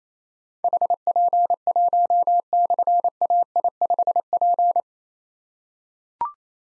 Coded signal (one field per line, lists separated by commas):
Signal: Morse code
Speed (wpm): 28 wpm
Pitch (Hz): 700 Hz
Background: none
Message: HP1/AI5P